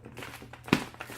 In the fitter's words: gonna pops right in there so